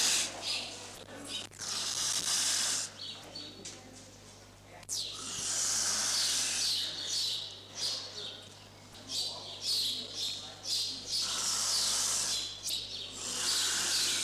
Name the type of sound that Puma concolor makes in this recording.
hissing